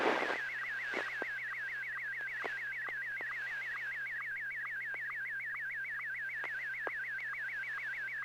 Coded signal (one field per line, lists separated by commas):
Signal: SSTV (slow-scan television)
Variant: Martin 1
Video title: N6NA SSTV Net - 02/24/2021